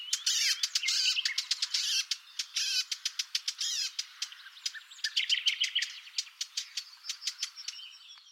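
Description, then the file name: Eurasian blackcap uttering quick clicking tacks interspersed with chattering, scratchy warbled notes, fairly continuous. "Sylvia atricapilla"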